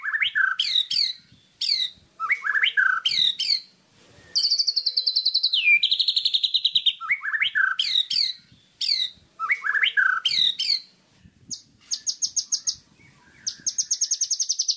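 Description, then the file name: White-rumped shama song: rising whistled notes alternating with long, fast buzzy rattling trills, phrases separated by short pauses, with faint low knocks beneath. Training recording of murai batu song intended for teaching captive songbirds, known as masteran. "suara masteran murai batu"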